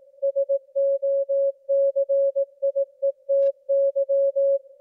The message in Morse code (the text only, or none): SOCIETY